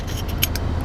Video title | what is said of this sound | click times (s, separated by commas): NEW DEMO TOUR 2021 Atlas Cross Sport SEL - CAR MOM TOUR | just put it on you can see it bends right there this is magnetic so it like totally clicks into place | 0.4 s